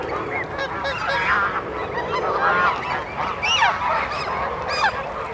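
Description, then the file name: Goose: geese honking loudly in a dense, overlapping chorus of nasal calls over steady background noise. Geese calling loudly at a city park lake. "Helicoptero Passando Sobre Lago do Parque da Cidade com Gansos Gritando"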